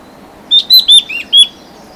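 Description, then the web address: Mountain wren-babbler calling with a quick run of five high, clear whistled notes, some slurred and slightly falling, over a faint steady background hiss. Recorded at Bukit Ular on Mount Kinabalu, 14 August 2009. "MTKINABALUBUKITULAR. mountain wren-babbler"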